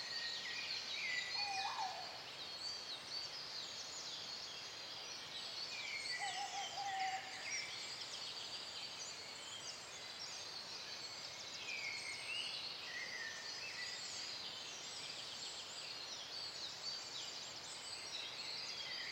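A dense dawn chorus in a young forest, with many birds singing and trilling at once in bright, overlapping phrases that never let up. A male tawny owl hoots low and faint beneath them, near two seconds and again around seven.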